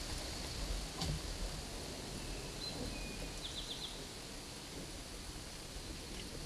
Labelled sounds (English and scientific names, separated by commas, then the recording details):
Eastern Towhee (Pipilo erythrophthalmus) song
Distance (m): 55 m
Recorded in a Pennsylvania forest on 17 May 2023 at 13:22
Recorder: AudioMoth, point grid1_7_low
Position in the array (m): 118 m, 104 m